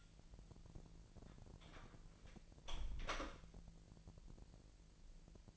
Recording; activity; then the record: daily activity, microphone in the room; close door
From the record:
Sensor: 5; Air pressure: 1001.4 hPa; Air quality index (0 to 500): 248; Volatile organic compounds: 35 ppm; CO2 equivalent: 3058 ppm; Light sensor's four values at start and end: 37/85/34/32 and 37/86/35/33